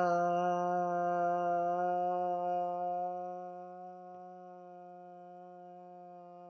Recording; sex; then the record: sustained vowel /a/; female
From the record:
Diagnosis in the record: healthy control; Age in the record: 61 years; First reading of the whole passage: 59 s, 8.5 characters per second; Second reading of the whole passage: 54 s, 7.6 characters per second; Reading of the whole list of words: 57 s, 4.9 characters per second